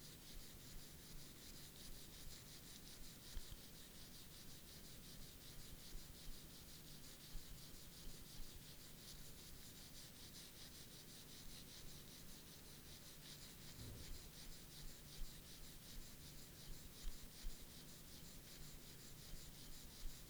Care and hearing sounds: daily activity, guitar pickup as the sensor; brush teeth

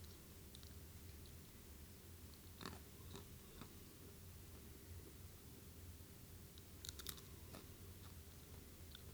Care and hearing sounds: daily activity, guitar pickup as the sensor; eat

